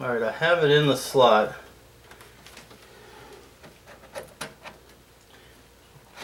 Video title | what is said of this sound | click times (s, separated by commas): How To: Install PNYs GeForce GTX 1060 Video Card | no click but it's in | none